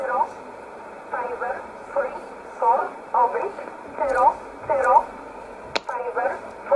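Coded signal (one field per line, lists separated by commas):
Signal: numbers station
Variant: E11 Oblique, English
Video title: 01 06 2020 E11 Oblique Numbers station in English 0901 on 7449 unknown tx site in USB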